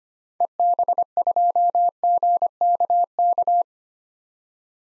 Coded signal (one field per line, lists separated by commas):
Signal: Morse code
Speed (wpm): 25 wpm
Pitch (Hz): 700 Hz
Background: none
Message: EB2GKK